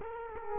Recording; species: mosquito wingbeat signal from an infrared sensor; Culex quinquefasciatus